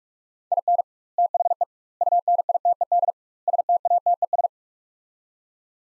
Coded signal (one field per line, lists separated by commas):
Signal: Morse code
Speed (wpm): 46 wpm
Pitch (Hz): 700 Hz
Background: none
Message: IN THE UNITED STATES